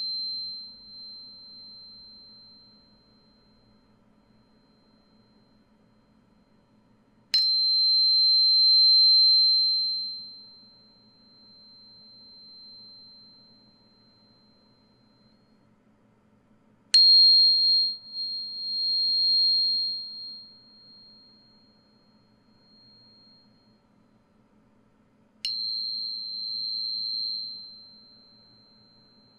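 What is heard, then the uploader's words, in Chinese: A tuning fork is struck three times, near 7, 17 and 25 seconds, each strike a sharp click followed by a pure, steady high tone that rings and slowly fades. A faint low hum runs underneath throughout, and a softer ringing tail opens the clip. 音叉療癒 淨化心靈 Tuning Fork(OM136.1HZ&4096HZ) No Talking。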